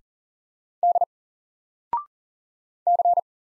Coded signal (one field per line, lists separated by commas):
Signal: Morse code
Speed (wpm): 42 wpm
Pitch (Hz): 700 Hz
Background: none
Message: D C